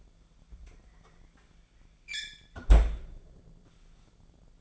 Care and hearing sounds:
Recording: daily activity, microphone in the room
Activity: close fridge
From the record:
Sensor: 5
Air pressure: 1009.8 hPa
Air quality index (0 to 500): 161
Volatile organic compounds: 4 ppm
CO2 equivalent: 1566 ppm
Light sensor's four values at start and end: 118/302/126/134 and 115/296/123/131

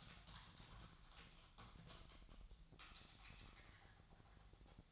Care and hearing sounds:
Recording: daily activity, microphone in the room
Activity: typing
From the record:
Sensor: 3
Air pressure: 999.2 hPa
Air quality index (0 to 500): 206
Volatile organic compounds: 55 ppm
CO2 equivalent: 3362 ppm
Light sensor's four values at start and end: 8/20/7/8 and 8/20/7/8

